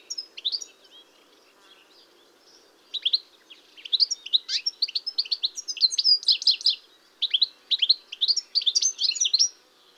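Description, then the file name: European goldfinch song, rapid tinkling twittering phrases with buzzy notes, in bursts separated by short pauses. "chardonneret elegant"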